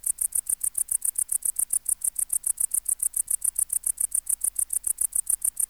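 Tettigonia hispanica bush-cricket song, a sustained sequence of rapid high, dry pulses repeated evenly several times each second, with a quiet humming background.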